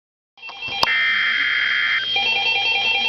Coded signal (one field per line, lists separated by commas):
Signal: Emergency Alert System (SAME) tones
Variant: header bursts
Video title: EAS Alert #35 - Severe Thunderstorm Warning #2 5/22/11